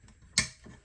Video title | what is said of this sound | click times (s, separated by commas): Build the James Bond no time to die db5-pack4-stage 25 #agora #bond#modelbuilding#foryou#jamesbond | there you go you had that click now the other side didn't click like that but that one has G in pretty good | 0.4 s